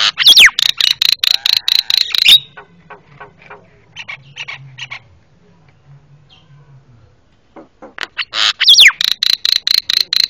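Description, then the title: Javan myna giving loud, harsh rattling calls in rapid bursts with sharp whistled swoops, a quiet gap in the middle, then the noisy chatter resumes. Noisy Javan myna calls used as master recording for training cage birds. "Jalak Kebo Master Suara Super Berisik Buat Masteran"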